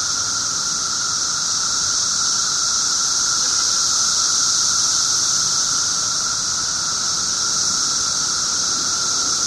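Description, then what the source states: Periodical cicadas droning together, a continuous high-pitched wash of sound with a faint lower hum, steady and unbroken from start to finish. 17-year periodical cicadas recorded 18 June 2007 at 1:00 pm.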